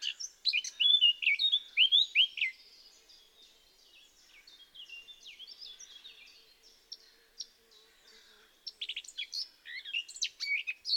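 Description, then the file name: Eurasian blackcap song: a loud burst of rapid, varied chattering and warbled notes, a quieter scratchy stretch, then another lively warbling run near the end. "Sylvia atricapilla"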